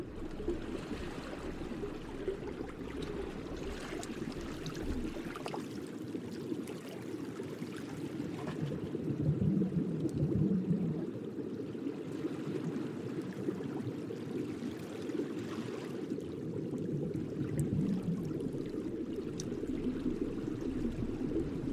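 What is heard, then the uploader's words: Moving water from the East Australian Current runs steadily through the whole clip, a dense low churning rush with little change in level. Faint brighter splashes and ticks break through now and then, and a slightly fuller swell comes around the middle. The tranquil waters and soothing sounds of the East Australian Current.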